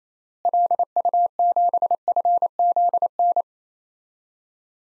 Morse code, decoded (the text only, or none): LU7FZN